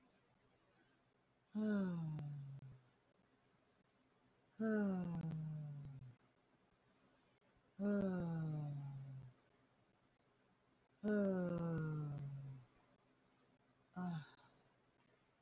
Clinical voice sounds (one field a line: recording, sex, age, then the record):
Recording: vowel held as long as possible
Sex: female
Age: 30 to 39 years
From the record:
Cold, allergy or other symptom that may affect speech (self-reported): no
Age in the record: 37 years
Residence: West Virginia, United States